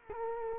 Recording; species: mosquito wingbeat signal from an infrared sensor; Culex quinquefasciatus